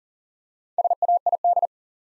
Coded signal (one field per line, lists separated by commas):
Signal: Morse code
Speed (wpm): 40 wpm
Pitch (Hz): 700 Hz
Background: none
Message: SAID